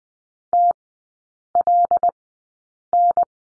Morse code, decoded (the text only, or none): TLN